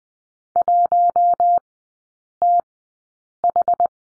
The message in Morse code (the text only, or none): 1TH